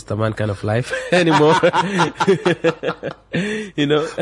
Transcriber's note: laughs